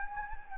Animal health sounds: mosquito wingbeat signal from an infrared sensor; Anopheles gambiae

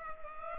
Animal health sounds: mosquito wingbeat signal from an infrared sensor; Culex pipiens

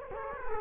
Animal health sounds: mosquito wingbeat signal from an infrared sensor; Culex quinquefasciatus

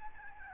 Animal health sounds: mosquito wingbeat signal from an infrared sensor; Aedes albopictus

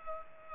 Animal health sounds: mosquito wingbeat signal from an infrared sensor; Culex pipiens

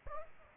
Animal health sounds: mosquito wingbeat signal from an infrared sensor; Aedes aegypti

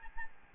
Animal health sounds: mosquito wingbeat signal from an infrared sensor; Aedes albopictus

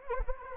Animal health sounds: mosquito wingbeat signal from an infrared sensor; Anopheles arabiensis

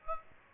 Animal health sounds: mosquito wingbeat signal from an infrared sensor; Aedes aegypti

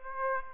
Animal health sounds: mosquito wingbeat signal from an infrared sensor; Aedes aegypti

